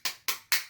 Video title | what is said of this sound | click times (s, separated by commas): Promag Glock Magazine Extension Installation And Review For Glock 27 26 G27 G26 With Vedder Holster | make sure that little locks in you can see it pop | 0.5 s